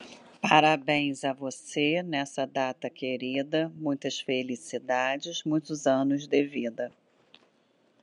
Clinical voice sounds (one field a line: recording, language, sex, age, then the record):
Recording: short text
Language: Brazilian Portuguese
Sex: female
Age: 50 to 59 years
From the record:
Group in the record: control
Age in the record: 50 years